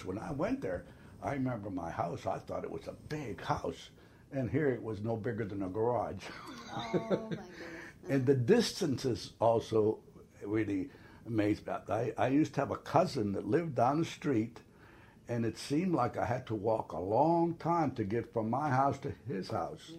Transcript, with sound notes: When I went there I remember my house. I thought it was a big house and it was no bigger than a garage (laughs)
Oh my goodness.
And the distances also really made -- I -- I used to have a cousin that lived down the street and it seemed like I had to walk a long time to get from my house to his house.